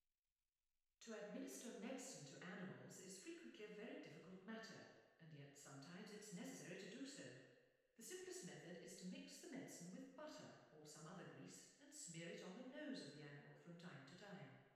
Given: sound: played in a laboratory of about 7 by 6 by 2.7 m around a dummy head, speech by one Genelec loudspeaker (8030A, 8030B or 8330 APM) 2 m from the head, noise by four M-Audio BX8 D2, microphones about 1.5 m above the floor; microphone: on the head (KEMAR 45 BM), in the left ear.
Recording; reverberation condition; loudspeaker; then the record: female speech in English; high; behind (180 degrees)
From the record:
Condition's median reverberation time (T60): about 1300 ms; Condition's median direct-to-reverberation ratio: about -4.0 dB